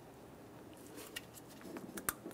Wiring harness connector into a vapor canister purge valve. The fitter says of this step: Press that in, listen for a click, and we'll give that a tug to make sure it's secure.